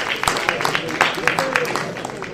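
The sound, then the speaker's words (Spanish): An audience at a Ganemos Zaragoza plenary meeting applauds after a proposal is ratified, with a dense, irregular patter of many hands clapping at a steady, moderate loudness, and a faint murmur of voices running beneath the claps. “Bien, pues damos aplauso.”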